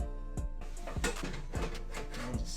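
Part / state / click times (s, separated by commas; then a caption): hard drive into PC case drive bay / seated / 1.1 s. A hard drive is slid into a PC case drive bay, with music playing in the background, and it clicks into place at 1.1 s. Softer knocks come at about 0.4 and 0.6 s as the drive moves in before the sharp click, and the drive ends up seated.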